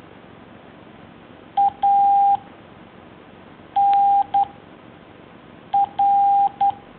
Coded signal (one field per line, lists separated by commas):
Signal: Morse code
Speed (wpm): 11 wpm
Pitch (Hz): 800 Hz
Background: none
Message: A N R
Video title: Alphabet and numbers in Morse Code by iz5ovp